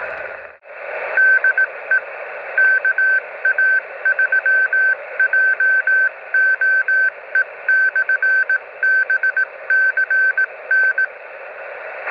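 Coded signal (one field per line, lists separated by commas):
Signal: Morse code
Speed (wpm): 18 wpm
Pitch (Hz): 1550 Hz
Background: radio noise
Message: DE KA3JOE/BCN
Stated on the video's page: US beacons on 28 MHz received in Italy during a park activation, using a Xiegu G90 and an Outback HF-1899 antenna.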